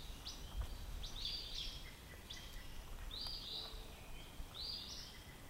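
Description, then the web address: Robin song: short high warbled phrases repeated roughly every one to two seconds, over a low rumbling background noise. "Sounds of Nature Robins"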